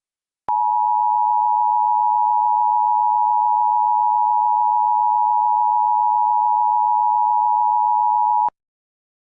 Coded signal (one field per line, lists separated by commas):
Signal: Emergency Alert System (SAME) tones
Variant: 853 and 960 Hz attention tone